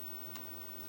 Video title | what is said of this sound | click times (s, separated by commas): Aiwa Mega-CD CSD-GM1 Laser Repair / Replacement | When you do push it in, hear a little click right at the end, or you'll just see that the thing goes back to where it should be, little lever. | 0.4 s